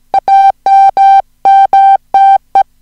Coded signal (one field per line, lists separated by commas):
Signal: Morse code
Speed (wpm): 17 wpm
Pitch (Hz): 780 Hz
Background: music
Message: AMMTE